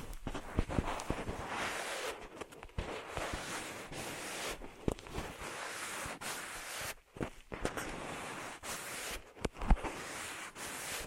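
Ear massage triggers: a dense, continuous rustling and rubbing with quick crackly taps scattered throughout. The texture shifts in brief bursts, with short quiet gaps around seven and nine seconds and a sharp louder tap near nine and a half seconds.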